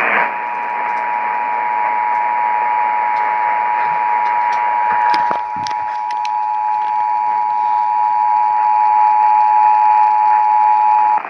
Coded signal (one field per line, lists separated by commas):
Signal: Emergency Alert System (SAME) tones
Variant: 853 and 960 Hz attention tone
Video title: A MIX OF ALERTS... EAS Alerts from 8/21/2021 (EAS 674-677)